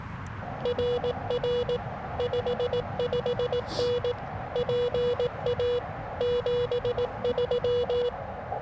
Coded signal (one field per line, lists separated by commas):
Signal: Morse code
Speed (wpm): 18 wpm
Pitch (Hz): 490 Hz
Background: none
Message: RR 55N PA 73